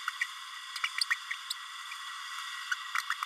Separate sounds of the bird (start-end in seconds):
0.21-0.24, 0.83-0.88, 1.01-1.05, 1.10-1.15, 2.71-2.74, 3.10-3.14